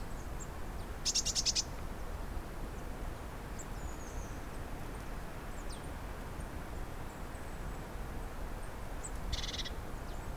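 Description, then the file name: Eurasian blue tit giving two brief buzzy, rattling churrs about eight seconds apart, with faint high thin notes between them and a steady background hiss. "Cyanistes caeruleus"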